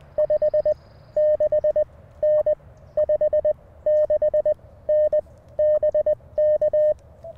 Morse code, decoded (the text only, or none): 56N 56N BK